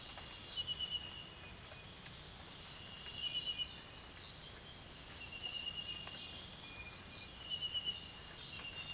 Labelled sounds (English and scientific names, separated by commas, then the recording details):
none
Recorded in pastures near Puerto Asís, Putumayo, Colombia, on 20 December 2024 at 05:30
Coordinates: 0.472, -76.329
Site G072